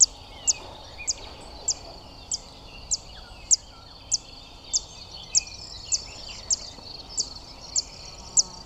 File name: Zitting cisticola